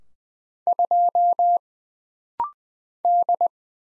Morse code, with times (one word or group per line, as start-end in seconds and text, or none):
0.7-1.6 2
3.0-3.5 D